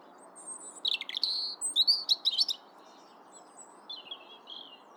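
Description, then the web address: European robin singing a tumbling phrase of high warbles and sharp notes, followed by softer thin whistles after a short pause. "pub SETE data Erithacus rubecula"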